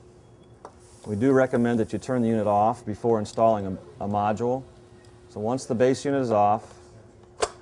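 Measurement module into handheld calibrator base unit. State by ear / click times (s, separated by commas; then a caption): seated / 7.4 s. A pressure/measurement module is pushed into a switched-off handheld calibrator base unit (Meriam MFT Series) while someone talks. The module seats with a sharp click at 7.4 s.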